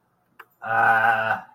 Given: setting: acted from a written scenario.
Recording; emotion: vocal sound without words; embarrassment